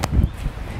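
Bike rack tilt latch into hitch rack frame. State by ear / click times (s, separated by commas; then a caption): partly seated / 0.0 s. A Yakima StageTwo hitch bike rack for 2 bikes is lifted by its tilt handle and dropped back toward the locked position. A sharp metal click at 0.0 s is heard as the tilt latch pin begins to engage the hitch rack frame, followed by low rumbling handling noise. The latch has only partly clicked in and then slides in the rest of the way.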